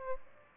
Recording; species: mosquito wingbeat signal from an infrared sensor; Aedes albopictus